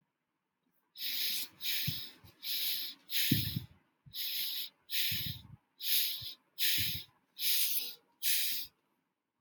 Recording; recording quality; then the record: shallow breathing; excellent, no background noise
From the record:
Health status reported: healthy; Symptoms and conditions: diabetes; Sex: male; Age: 63 years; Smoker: not ticked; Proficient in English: yes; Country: India